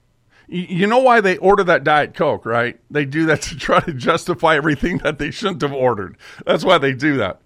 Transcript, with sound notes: you know why they order that Diet Coke, right? They do that (laughs) to try to justify everything that they shouldn't have ordered. That's why they do that.